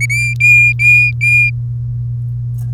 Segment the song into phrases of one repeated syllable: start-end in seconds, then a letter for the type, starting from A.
0.01-0.06 A, 0.10-1.50 B